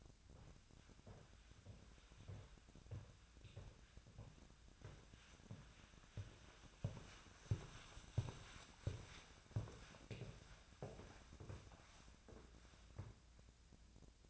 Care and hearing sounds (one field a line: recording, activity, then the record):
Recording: daily activity, microphone in the room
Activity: walk to room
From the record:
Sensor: 2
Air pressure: 1009.9 hPa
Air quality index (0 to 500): 175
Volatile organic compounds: 9 ppm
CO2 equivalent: 2185 ppm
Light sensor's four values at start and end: 36/89/38/43 and 36/88/38/42